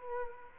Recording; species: mosquito wingbeat signal from an infrared sensor; Culex quinquefasciatus